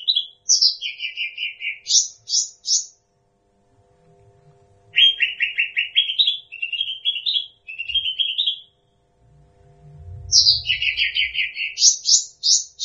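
Bird singing bursts of high, rapid chirps and trills, separated by quiet gaps, with each phrase stepping between higher and lower notes.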